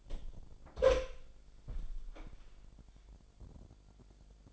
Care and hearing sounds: daily activity, microphone in the room; open door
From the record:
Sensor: 5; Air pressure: 1007.2 hPa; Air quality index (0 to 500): 171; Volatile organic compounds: 4 ppm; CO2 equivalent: 1636 ppm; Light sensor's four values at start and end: 56/159/62/62 and 57/160/62/62

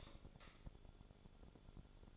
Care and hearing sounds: daily activity, microphone in the room; light off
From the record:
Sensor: 5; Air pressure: 1009.9 hPa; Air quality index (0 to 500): 159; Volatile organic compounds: 4 ppm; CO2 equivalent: 1546 ppm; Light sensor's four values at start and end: 200/506/209/225 and 199/505/209/224

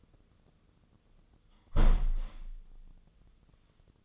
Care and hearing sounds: daily activity, microphone in the room; close window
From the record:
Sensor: 4

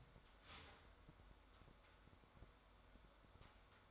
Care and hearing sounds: daily activity, microphone in the room; start toaster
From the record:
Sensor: 3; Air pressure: 1014.7 hPa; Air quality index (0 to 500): 200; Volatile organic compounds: 26 ppm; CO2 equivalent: 2862 ppm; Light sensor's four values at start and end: 4/10/4/4 and 4/10/4/4

